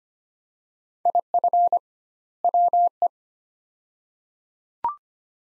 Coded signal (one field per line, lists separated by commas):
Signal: Morse code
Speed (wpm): 25 wpm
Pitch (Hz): 700 Hz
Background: none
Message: IF WE